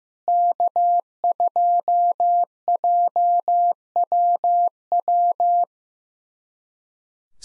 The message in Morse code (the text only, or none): K2JWW